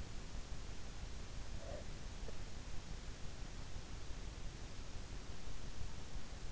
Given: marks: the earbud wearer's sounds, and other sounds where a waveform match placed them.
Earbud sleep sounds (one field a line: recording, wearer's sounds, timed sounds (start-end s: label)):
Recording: sounds in sleep by an in-ear microphone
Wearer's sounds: breath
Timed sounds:
0.87-2.15 s: breath